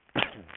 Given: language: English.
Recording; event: throat vibration sensor signal played as sound; cough